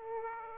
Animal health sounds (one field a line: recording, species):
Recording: mosquito wingbeat signal from an infrared sensor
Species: Aedes aegypti